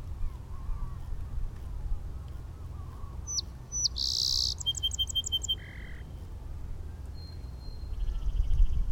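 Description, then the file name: Song sparrow singing once: sharp opening chips, a bright buzzy note, a rapid run of repeated notes and a short low buzz, with constant deep rumbling noise and faint chirps. Recorded at Inner Point in 2012. "SOSP Inner Point"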